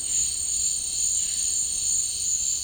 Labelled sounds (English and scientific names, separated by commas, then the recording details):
none
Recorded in dense forest near Puerto Asís, Putumayo, Colombia, on 13 March 2025 at 15:00
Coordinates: 0.485, -76.318
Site G056